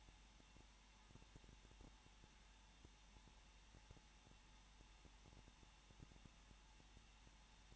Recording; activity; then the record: daily activity, microphone in the room; no activity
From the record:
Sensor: 1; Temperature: 20.1 degrees Celsius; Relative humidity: 39.4%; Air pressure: 1006.4 hPa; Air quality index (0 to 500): 218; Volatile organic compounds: 80 ppm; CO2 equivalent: 3604 ppm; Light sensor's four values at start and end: 1/2/1/1 and 1/2/1/1